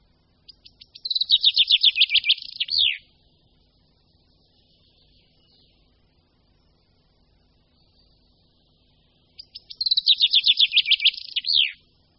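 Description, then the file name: Common chaffinch song: two bright descending trills of repeated notes, each ending in a quick downward flourish, about eight seconds apart, in a quiet background. "Pěnkava obecná"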